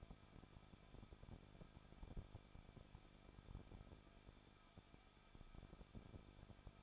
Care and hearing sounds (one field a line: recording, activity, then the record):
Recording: daily activity, microphone in the room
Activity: no activity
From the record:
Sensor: 5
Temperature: 20.8 degrees Celsius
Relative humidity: 38.2%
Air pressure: 1006.5 hPa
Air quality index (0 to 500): 186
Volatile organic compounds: 18 ppm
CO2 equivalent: 2609 ppm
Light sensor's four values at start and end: 2/3/1/1 and 2/3/1/1